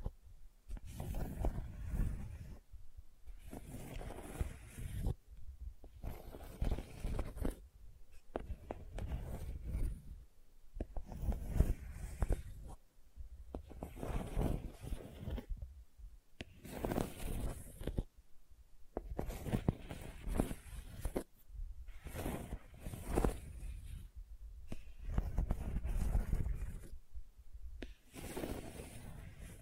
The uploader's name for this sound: Gentle Scratching